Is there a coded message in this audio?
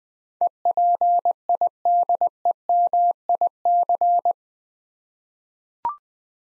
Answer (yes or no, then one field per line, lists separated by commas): yes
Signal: Morse code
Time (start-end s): 0.4-4.3 s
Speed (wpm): 20 wpm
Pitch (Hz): 700 Hz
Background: none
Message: EPIDEMIC